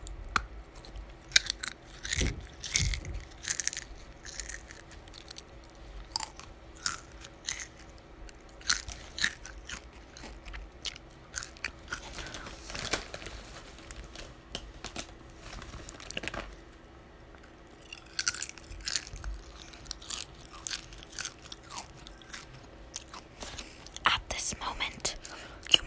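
Crunching of chips, with sharp bright bites and chewing bursts every second or so over a quiet, low hum.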